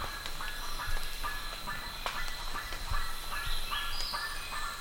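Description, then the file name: Bird giving short harmonic calls in a steady series, with scattered clicks and a thin continuous high tone throughout. "SABIOD 50 bird 2015"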